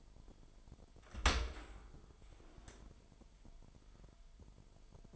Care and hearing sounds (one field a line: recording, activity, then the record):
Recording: daily activity, microphone in the room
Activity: open dishwasher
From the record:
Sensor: 5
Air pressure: 998.4 hPa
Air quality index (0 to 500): 81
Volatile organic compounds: 1 ppm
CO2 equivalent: 921 ppm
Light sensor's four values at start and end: 21/50/21/23 and 21/50/21/23